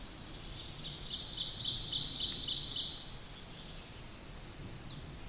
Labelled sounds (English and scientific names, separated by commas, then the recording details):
Ovenbird (Seiurus aurocapilla) song
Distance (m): 30 m
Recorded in boreal forest in Alberta, Canada, on 8 June 2016 at 07:01
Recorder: SongMeter 3, array SBT-3-9
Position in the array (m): 48 m, 103 m
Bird 33